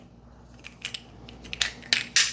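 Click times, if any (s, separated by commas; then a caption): 1.6 s, 1.9 s. Two 3D-printed plastic base parts of a filament spool holder are pushed together until they fully engage, with faint scraping and small ticks leading up to sharp snapping clicks at 1.6 s and 1.9 s. Louder bursts of handling noise follow as the parts seat together.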